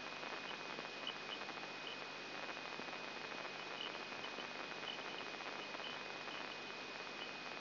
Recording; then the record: brain microelectrode recording played as sound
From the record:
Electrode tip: inside the subthalamic nucleus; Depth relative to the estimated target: -2 mm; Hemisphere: right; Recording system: AlphaMap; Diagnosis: Parkinson's disease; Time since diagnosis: 8 years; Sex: female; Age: 37 years